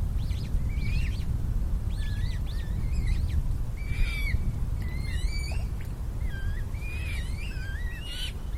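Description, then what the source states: Eurasian coot chicks calling with high, squeaky piping notes, some slurred upward, above continuous low background noise. Young birds.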